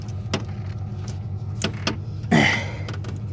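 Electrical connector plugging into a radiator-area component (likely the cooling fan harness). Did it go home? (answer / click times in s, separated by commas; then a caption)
no / none. A plastic electrical plug is pushed into its socket on a radiator-area component during a radiator replacement on a 2001 Dodge Caravan. Short soft knocks are heard around 0.3, 1.1, 1.6, 1.9, 2.9 and 3.1 seconds, with a louder scraping rustle from about 2.3 to 2.6 seconds over a low steady hum. Nothing has snapped into place: when tugged back the plug stays in but never snapped.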